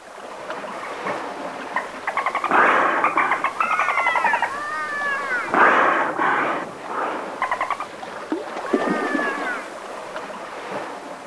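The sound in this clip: Dolphin whistles: several rising and wavering tonal sweeps mixed with rapid pulsed buzzes and clicks over a hissing background.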